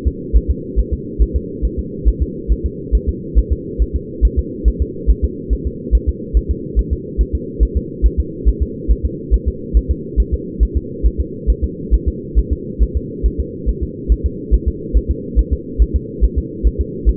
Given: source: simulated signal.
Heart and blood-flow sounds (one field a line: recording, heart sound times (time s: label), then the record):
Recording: fetal heart sounds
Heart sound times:
0.07 s: S2
0.36 s: S1
0.51 s: S2
0.79 s: S1
0.93 s: S2
1.22 s: S1
1.36 s: S2
1.65 s: S1
1.79 s: S2
2.08 s: S1
2.22 s: S2
2.52 s: S1
2.66 s: S2
2.95 s: S1
3.09 s: S2
3.38 s: S1
3.52 s: S2
3.82 s: S1
3.96 s: S2
4.25 s: S1
4.39 s: S2
4.68 s: S1
4.82 s: S2
5.10 s: S1
5.24 s: S2
5.53 s: S1
5.67 s: S2
5.95 s: S1
6.09 s: S2
6.37 s: S1
6.51 s: S2
6.79 s: S1
6.93 s: S2
7.21 s: S1
7.35 s: S2
7.63 s: S1
7.77 s: S2
8.06 s: S1
8.20 s: S2
8.48 s: S1
8.62 s: S2
8.91 s: S1
9.05 s: S2
9.34 s: S1
9.48 s: S2
9.77 s: S1
9.91 s: S2
10.20 s: S1
10.34 s: S2
10.63 s: S1
10.77 s: S2
11.06 s: S1
11.20 s: S2
11.50 s: S1
11.64 s: S2
11.94 s: S1
12.08 s: S2
12.39 s: S1
12.53 s: S2
12.83 s: S1
12.97 s: S2
13.26 s: S1
13.40 s: S2
13.69 s: S1
13.83 s: S2
14.12 s: S1
14.26 s: S2
14.54 s: S1
14.68 s: S2
14.97 s: S1
15.11 s: S2
15.39 s: S1
15.53 s: S2
15.82 s: S1
15.96 s: S2
16.24 s: S1
16.38 s: S2
16.67 s: S1
16.81 s: S2
17.09 s: S1
From the record:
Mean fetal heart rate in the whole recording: 140 bpm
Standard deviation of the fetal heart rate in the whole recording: 2 bpm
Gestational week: 34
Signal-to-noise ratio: -4.1 dB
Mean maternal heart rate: no maternal heart sound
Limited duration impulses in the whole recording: absent